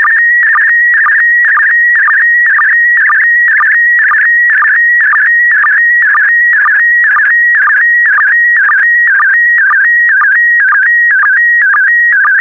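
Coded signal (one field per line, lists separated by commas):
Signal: SSTV (slow-scan television)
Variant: PD120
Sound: steady high whistle broken twice a second by short warbling chirps and low blips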